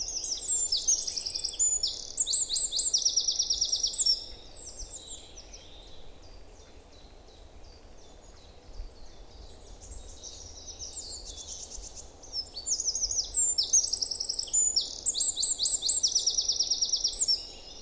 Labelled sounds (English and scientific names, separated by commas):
Eurasian Wren (Troglodytes troglodytes)